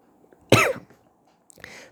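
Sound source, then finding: Adult man. Cough.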